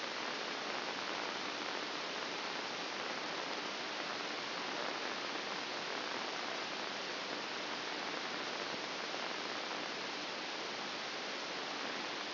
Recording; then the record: brain microelectrode recording played as sound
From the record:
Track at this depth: inside the subthalamic nucleus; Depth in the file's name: 5.063 mm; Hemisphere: left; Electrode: 2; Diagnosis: Parkinson's disease